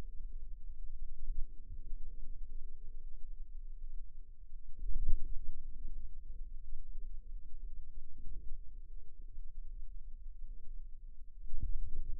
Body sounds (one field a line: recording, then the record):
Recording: forearm muscle sounds (acoustic myography)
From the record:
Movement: radial deviation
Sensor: system 2, bracelet of six BSWA MPA416 microphones around the upper forearm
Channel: 6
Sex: female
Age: 23 years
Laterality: right